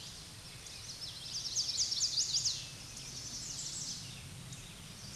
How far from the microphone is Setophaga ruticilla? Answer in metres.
about 45 m